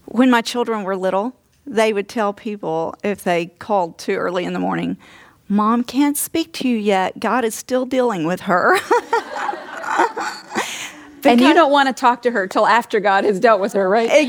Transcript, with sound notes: When my children were little, they would tell people if they called too early in the morning, “Mom can’t speak to you yet. God is still dealing with her.” (Laughter)
And you don’t want to talk to her until after God has dealt with her, right?